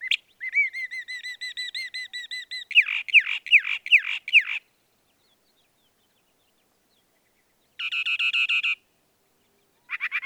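Northern mockingbird song: a long run of rapid repeated whistled notes, switching to harsh downward sweeps, a silent gap, then a raspy buzzy phrase.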